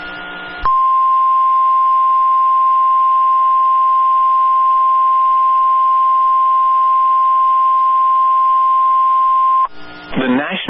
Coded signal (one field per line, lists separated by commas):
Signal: Emergency Alert System (SAME) tones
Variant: 1050 Hz attention tone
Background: speech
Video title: Severe Thunderstorm Warning (AR and LA) (12/28/24) [EAS #91]